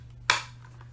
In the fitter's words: it into place until it clicks and then